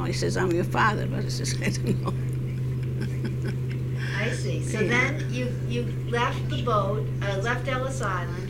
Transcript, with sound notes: He says, "I'm your father." but he's says, I don't know. (she laughs)
I see. So then you, you left the boat, left Ellis Island...